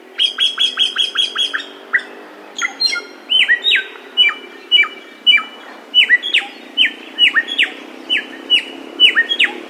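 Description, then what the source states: Samyong song: a fast stutter of high chips, then evenly spaced downslurred whistled notes with a few squeaky twitters between. Masteran (bird training) recording of samyong song.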